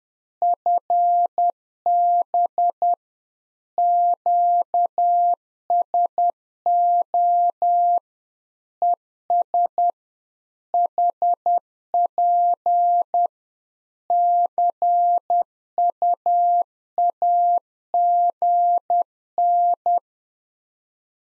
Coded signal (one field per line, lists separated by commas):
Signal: Morse code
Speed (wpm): 10 wpm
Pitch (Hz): 700 Hz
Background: none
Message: FB QSO ES HP CUAGN